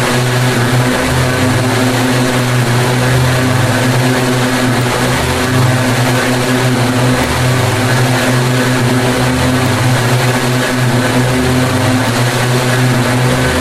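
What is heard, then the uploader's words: Lawn crew equipment runs outside a Brooklyn house, a steady engine drone with a buzzing hum that wavers slightly every second or two. A dense hiss sits over it, and the loudness stays constant throughout with no pauses. Lawn Guys. Recorded by Dan Bodah outside Dorchminster House, Brooklyn, June 2009.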